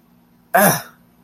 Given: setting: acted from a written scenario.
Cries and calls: vocal sound without words; pain

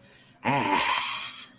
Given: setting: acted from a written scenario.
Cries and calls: vocal sound without words; ecstasy

